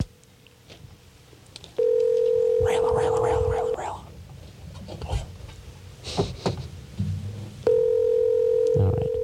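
A steady, loud dial tone hums for about two seconds, followed by rustling and a few short beeps of telephone dialing, then the dial tone returns near the end.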